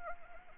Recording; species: mosquito wingbeat signal from an infrared sensor; Anopheles arabiensis